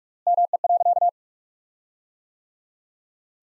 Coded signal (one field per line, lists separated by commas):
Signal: Morse code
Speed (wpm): 47 wpm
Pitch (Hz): 700 Hz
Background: none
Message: ME.